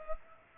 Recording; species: mosquito wingbeat signal from an infrared sensor; Culex pipiens